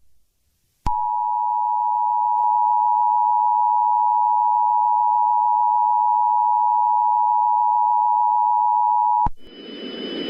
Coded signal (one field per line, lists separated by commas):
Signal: Emergency Alert System (SAME) tones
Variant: 853 and 960 Hz attention tone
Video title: EAS Scenario: The Midnight Sun: 2025 REMASTERED. #easscenario